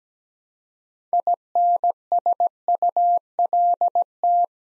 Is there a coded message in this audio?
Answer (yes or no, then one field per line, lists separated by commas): yes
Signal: Morse code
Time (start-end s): 1.1-4.5 s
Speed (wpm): 17 wpm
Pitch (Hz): 700 Hz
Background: none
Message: INSULT